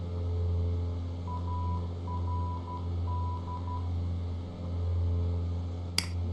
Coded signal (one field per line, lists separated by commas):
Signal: Morse code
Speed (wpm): 12 wpm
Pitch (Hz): 990 Hz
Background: none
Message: ARD